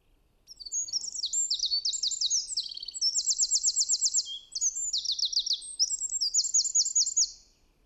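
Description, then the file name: Eurasian wren song: a loud, high, rapid outpouring of sharp trills and twittering phrases, several fast rattling runs strung together over about seven seconds. "Troglodytes troglodytes"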